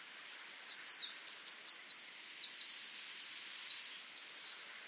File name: Eurasian Wren